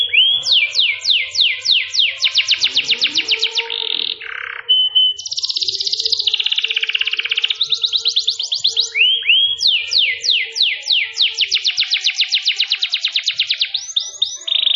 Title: Cengkok Kenari Mewah. Kenari mewah durasi panjang. Cengkok enak gaya istimewa